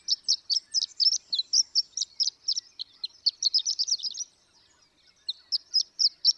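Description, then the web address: Horned lark giving a quick, high-pitched, tinkling song of clipped notes, broken by a short pause before a final burst. "birdsongforthecurious Horned Lark"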